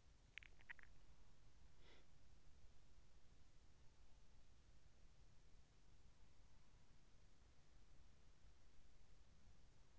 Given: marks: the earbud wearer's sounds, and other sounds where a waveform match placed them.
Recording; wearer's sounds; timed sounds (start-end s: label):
sounds in sleep by an in-ear microphone; swallowing, breath
0.00-1.69 s: swallowing
1.46-2.40 s: breath